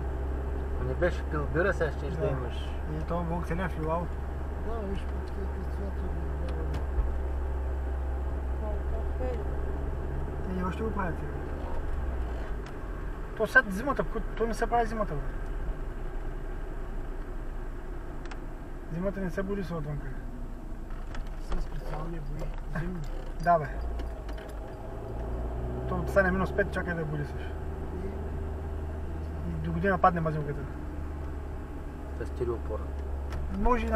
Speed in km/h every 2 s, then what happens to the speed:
38, 41, 42, 39, 39, 43, 43, 41, 39, 34, 23, 20, 22, 31, 31, 30, 28.
0-12 steady at about 41. 12-21 slows to 20. 21-26 speeds up to 31. 26-34 steady at about 30.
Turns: none.